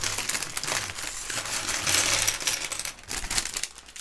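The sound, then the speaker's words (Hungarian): Plastic bags on a sofa, with a cat lying on them, crinkle and rustle continuously for a few seconds, a dense crackly texture that swells and dips irregularly over a faint low hum, with no voices. “Oberon itt van mellettem a kanapén, és természetesen ott fekszik a zacskókon, mint ahogy mindig is”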